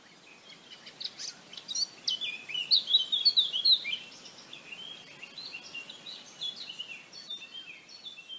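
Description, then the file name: Eurasian blackcap song: a fast, rich warbling phrase of chattering and fluty notes, building in loudness mid-phrase and then trailing off into quieter twittering. "chant fauvette a tete noire sylvia atricapilla"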